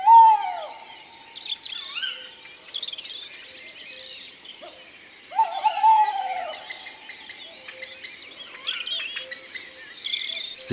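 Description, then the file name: Tawny owl hooting, a low falling hoot at the start and another about five seconds later, with a faint drawn-out tone between, over a busy chorus of high chirping songbirds. "Chouette hulotte ABC des chants doiseaux"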